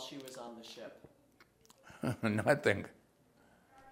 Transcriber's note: chuckles